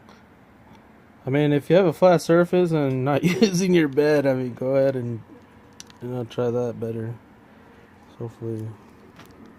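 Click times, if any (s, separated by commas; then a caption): none. While reassembling a DualShock 4 game controller, a plastic part is handled against the plastic controller housing as someone talks, with faint handling noises between the words. The clip ends before the part goes home; nothing has seated or clicked yet.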